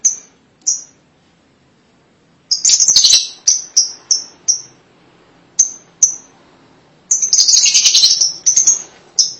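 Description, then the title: Lovebird calls: single piercing chirps at intervals, alternating with harsh chattering bursts. "BM Suara Burung Lovebird"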